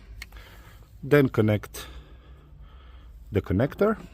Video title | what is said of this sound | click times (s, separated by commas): Upgrade interior to LED - Hyundai Tucson | it should click in place | 0.2 s